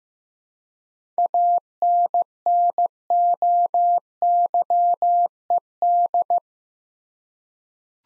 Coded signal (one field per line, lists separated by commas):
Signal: Morse code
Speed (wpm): 15 wpm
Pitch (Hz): 700 Hz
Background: none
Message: ANNOYED